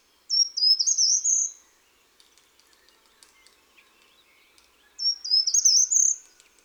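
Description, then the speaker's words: Treecreeper song, a thin high phrase of quick notes that rises toward the end, heard twice a few seconds apart. Treecreeper with a small voice that seems to ask a question. "grimpeau a une petite voix et il pose une question."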